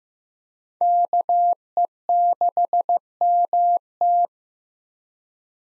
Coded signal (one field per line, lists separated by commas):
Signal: Morse code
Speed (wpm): 15 wpm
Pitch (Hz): 700 Hz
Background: none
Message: KE6MT